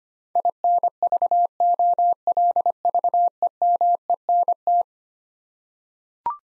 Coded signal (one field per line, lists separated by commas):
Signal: Morse code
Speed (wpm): 25 wpm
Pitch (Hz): 700 Hz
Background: none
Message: INVOLVEMENT